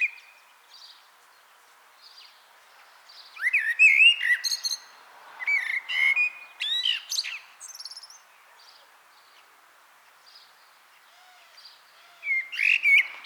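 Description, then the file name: Common blackbird song: mellow, fluty warbled phrases mixed with squeaky high twitters, then a long pause before a final phrase, against a quiet background. "Turdus merula"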